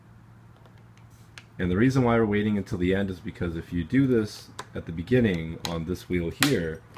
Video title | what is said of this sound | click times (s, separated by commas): Ride-On Toy Hummer 6V - Assembly Guide | you'll go ahead and fit those in they will snap into place when you apply some pressure | 1.4 s